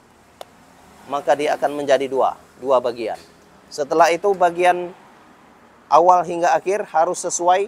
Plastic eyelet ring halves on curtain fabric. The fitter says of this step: an, wenn es einrastet, dann ist es fertig, dann ertönt noch einmal ein Ton.